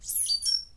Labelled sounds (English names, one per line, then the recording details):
Stitchbird song
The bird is a male
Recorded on Tiritiri Matangi Island, New Zealand, in 2005
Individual 2, of nest box 2